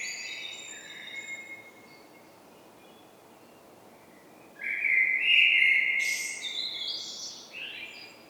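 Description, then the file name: Common blackbird: a faint whistled phrase fades out, then after a pause a louder mellow phrase breaks into squeaky high twittering notes. "Turdus merula"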